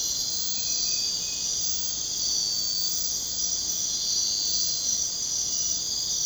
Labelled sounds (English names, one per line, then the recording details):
none
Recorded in secondary vegetation near Puerto Asís, Putumayo, Colombia, on 23 June 2025 at 01:00
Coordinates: 0.484, -76.319
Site G074